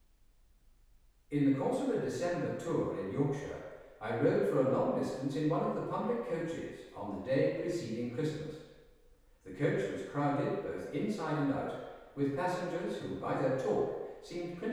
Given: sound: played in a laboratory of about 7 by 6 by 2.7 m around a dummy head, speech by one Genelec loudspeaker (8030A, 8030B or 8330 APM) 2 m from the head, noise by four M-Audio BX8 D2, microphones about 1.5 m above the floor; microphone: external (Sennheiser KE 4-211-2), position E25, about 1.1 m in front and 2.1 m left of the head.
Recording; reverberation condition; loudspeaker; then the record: male speech in English; high; 90 degrees to the right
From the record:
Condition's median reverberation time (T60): about 1300 ms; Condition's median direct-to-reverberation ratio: about -4.0 dB